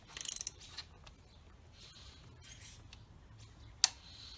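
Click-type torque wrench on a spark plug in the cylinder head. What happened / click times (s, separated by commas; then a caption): Torque wrench clicked at its set torque / 3.8 s. A click-type torque wrench set to 13 ft-lb tightens a spark plug into the cylinder head of a 2014 Honda Accord. A quick series of ratcheting ticks around 0.2–0.5 s is followed by quieter handling sounds, then one sharp metallic click at 3.8 s. The wrench clicks at its setting, confirming the plug reached 13 ft-lb.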